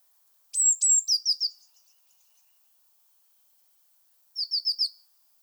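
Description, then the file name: Eurasian blue tit: two high sharp notes then a quick descending trill, followed after a two-second pause by a short burst of trilled notes. "Cyanistes caeruleus"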